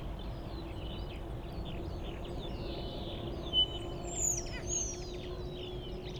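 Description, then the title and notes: Common starling singing scattered chatter and clicks, then a few long, high, sliding whistles, over a low hum. Starlings nesting outside a window in rural Goworów, Poland, mimicking other species; rural birds imitate other birds, not car alarms; recorded with Zoom F4 and AT BP4025. "Goworów 6, 57-515, Poland - Starlings mimicking other species. Zainstalowały mi się za oknem szpaki i udają najróżniejsze inne dźwięki. Obok wcale nie ma stawu - to szpaki udają żaby. Tak samo z wołaniem żurawi - to słabsze głosy, ale ewidentny zaśpiew żurawia"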